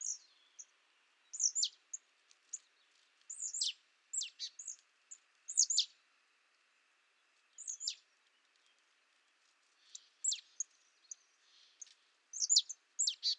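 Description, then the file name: Marsh tit calling: clusters of thin, high, explosive notes dropping sharply in pitch, in short bursts with pauses between them, over a quiet background. "Poecile palustris"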